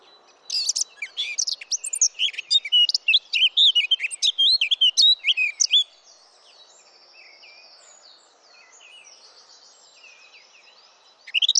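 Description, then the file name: Eurasian blackcap song: a fast, jumbled, twittering warble for about five seconds, then quieter faint twittering, with another burst starting at the very end. "Sylvia atricapilla"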